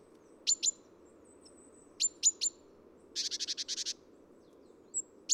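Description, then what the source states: Great Tit calls: high thin sharp notes in twos and threes, with one brief harsh rattling chatter in the middle. Recorded at Neudarss on 3 February 2013.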